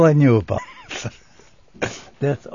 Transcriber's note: laughs